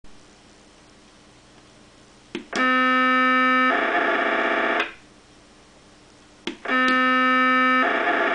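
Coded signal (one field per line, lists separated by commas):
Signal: POCSAG pager data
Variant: 512 baud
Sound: two bursts, each a steady buzzy tone then harsh rasping data hiss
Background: radio static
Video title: Single burst POCSAG 512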